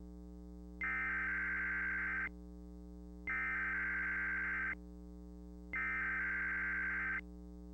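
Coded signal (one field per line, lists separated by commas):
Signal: Emergency Alert System (SAME) tones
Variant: header bursts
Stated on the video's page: Emergency Alert System test aired on a West Palm Beach, Florida television station.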